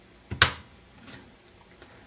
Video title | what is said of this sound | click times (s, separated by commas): Install and Remove RAM | and those plastic tabs should click and lock into place | 0.4 s